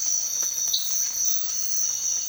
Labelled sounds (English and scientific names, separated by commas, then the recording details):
none
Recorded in secondary vegetation near Puerto Asís, Putumayo, Colombia, on 8 March 2025 at 06:00
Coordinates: 0.499, -76.323
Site G094